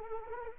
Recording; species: mosquito wingbeat signal from an infrared sensor; Anopheles arabiensis